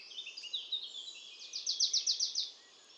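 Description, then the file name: Marsh tit calls, a few high thin notes at first, then a quick run of several sharp repeated notes near the end. "Poecile palustris"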